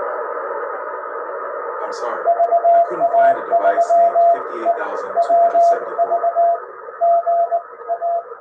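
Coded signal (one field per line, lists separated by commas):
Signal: Morse code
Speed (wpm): 20 wpm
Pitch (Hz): 680 Hz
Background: speech, radio noise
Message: VA3EWV GA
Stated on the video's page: POTA CW contacts hunted with a Yaesu FT-991A on an end-fed half-wave antenna, keyed with a Bencher key.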